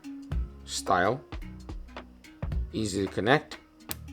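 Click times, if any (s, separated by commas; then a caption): 3.9 s. A lavalier-style microphone plug is pushed into the socket of a Cardo PackTalk Edge intercom unit while someone talks. A sharp, short click at 3.9 s marks the easy-to-connect plug seating firmly in place.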